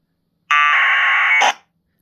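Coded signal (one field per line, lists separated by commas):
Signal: packet radio (AX.25, as in APRS)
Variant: 1200 baud AFSK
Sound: one harsh buzzing data burst about one second long, then a brief hiss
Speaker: oh my God it did it txed it actually did TX look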